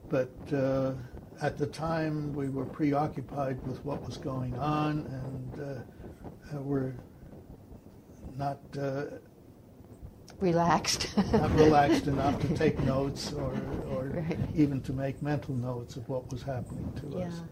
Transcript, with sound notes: But at the time, we were preoccupied with what was going on, and were not—
Relaxed (laughs)
Not relaxed enough to take notes or - or even to make mental notes of what was happening to us.